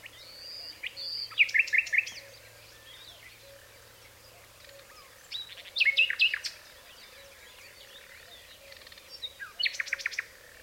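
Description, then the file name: Common nightingale singing three separate phrases spaced about four seconds apart, each a quick jumble of crisp, clicking and whistled notes, with a faint low wavering drone behind. "Luscinia megarhynchos"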